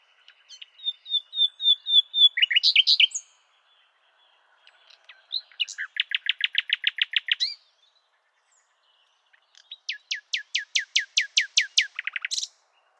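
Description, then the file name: Common nightingale singing: a phrase opening with soft pure whistled notes that swell into fast chirps, then two more bursts of rapidly repeated notes. "Luscinia megarhynchos"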